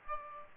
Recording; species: mosquito wingbeat signal from an infrared sensor; Aedes aegypti